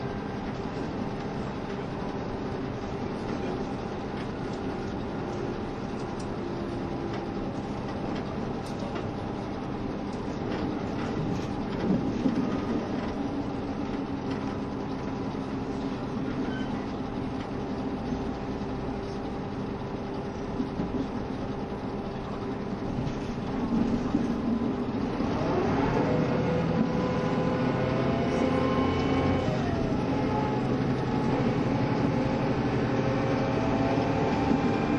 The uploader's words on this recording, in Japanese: 配信は、JR九州キハ72系 ゆふいんの森06号02 うきは～博多です。走行音。